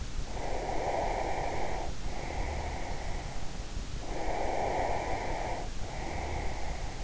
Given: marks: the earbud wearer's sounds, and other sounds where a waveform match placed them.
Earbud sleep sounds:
sounds in sleep by an in-ear microphone; breath
0.19-2.97 s: breath
3.94-7.04 s: breath

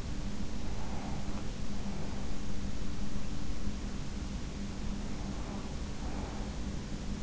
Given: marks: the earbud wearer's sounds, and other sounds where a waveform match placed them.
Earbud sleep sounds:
sounds in sleep by an in-ear microphone; breath
0.49-2.37 s: breath
4.89-7.23 s: breath

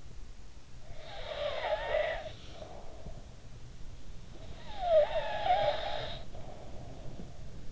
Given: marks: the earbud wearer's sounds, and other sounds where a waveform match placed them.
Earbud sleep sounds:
sounds in sleep by an in-ear microphone; snoring breath
0.68-3.71 s: snoring breath
4.14-7.71 s: snoring breath

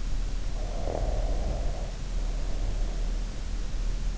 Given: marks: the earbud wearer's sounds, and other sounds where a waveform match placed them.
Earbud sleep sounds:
sounds in sleep by an in-ear microphone; breath
0.38-3.84 s: breath

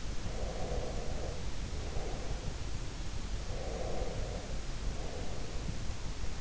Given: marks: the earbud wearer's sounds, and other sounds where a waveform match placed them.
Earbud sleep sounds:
sounds in sleep by an in-ear microphone; breath
0.23-2.70 s: breath
3.55-5.76 s: breath

